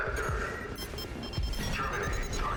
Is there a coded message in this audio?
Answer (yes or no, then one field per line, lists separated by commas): no